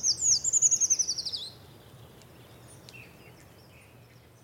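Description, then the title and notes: Eurasian treecreeper: one high, rapid descending trill lasting about a second and a half, then quiet. "Puukiipijä. Juha Laaksonen"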